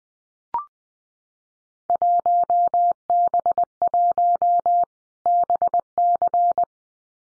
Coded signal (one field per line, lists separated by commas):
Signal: Morse code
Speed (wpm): 20 wpm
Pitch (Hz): 700 Hz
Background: none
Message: 1B1 BC